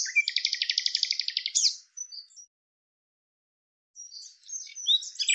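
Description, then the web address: Bird song: a fast, even trill of high notes, a few scattered notes, a pause, then another burst of high twittering. Audio cleaned and normalized. "cianscape birddata Deverinetal 2025 File cleaned normalized Bird Lu Me Lu Me"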